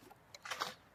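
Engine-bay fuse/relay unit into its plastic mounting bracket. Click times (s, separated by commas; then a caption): 0.6 s. The BSM engine-bay fuse/relay unit of a C4 Picasso 2.0 HDi is tilted forward into its front slots and pressed down at the rear into its plastic mounting bracket. A faint tick comes at 0.35 s and a scraping rustle around 0.46 s, then a sharp click at 0.6 s as the unit clips home and is seated.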